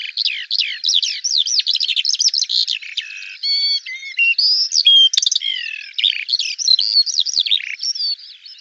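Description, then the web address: Eurasian skylark song: fast, unbroken babbling of sharp chirps and rising and falling whistles, with a brief run of clear steady tones midway. "Deverinetal 2025 File cleaned normalized Bird Al Ar"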